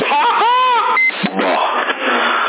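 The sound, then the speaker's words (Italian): A CB radio transmission from a 2009 model CB radio in Sassari ends with a single short, high-pitched electronic beep, cutting between stretches of tinny, band-limited radio voices and static. “Quella volta lo conosci, anzi l'ho conosciuto dal bip, però tu neghi l'evidenza sempre, sembra che stai nascondendo chissà che cosa, si conosce che è un 2009 dal bip.”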